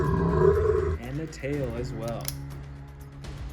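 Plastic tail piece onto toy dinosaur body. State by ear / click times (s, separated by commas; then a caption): not seated / none. A plastic tail piece is being fitted onto a toy dinosaur's body to finish building it, but nothing has seated or clicked yet. Someone talks while music plays underneath, and faint handling sounds come through.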